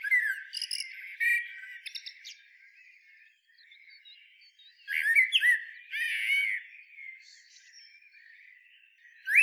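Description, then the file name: Eurasian blackbird song: two warbled phrases with high, scratchy twittered endings, separated by a quieter stretch of faint chirps. "Turdus merula"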